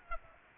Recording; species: mosquito wingbeat signal from an infrared sensor; Aedes aegypti